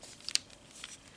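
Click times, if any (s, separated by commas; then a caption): 0.3 s. During the combiner transformation of a Transformers Studio Series 86 Devastator, the plastic truck roof panel of the transforming robot figure is folded backwards and pressed onto the body so it holds the parts together. A small plastic tick at 0.3 s leads into a sharp, bright snap at 0.4 s, followed by softer handling clicks. The roof panel snaps into place and is seated.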